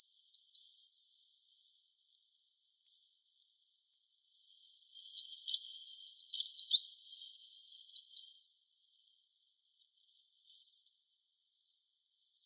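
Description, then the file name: Eurasian wren: the tail of one song, a pause, then a full burst of rapid high trills and warbles, and another song beginning as it ends. "Troglodytes troglodytes"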